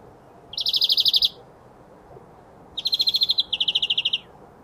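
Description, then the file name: European greenfinch giving quick rattling trills of evenly spaced notes, one burst early and two back-to-back bursts later, over faint background noise. "Chloris chloris"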